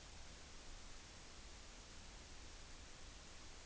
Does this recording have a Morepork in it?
no